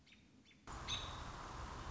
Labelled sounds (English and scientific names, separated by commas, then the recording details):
American Robin (Turdus migratorius)
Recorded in Sonoma County, California